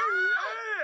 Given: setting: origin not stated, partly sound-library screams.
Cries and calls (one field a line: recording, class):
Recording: one-second piece from a danger detection set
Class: woman in danger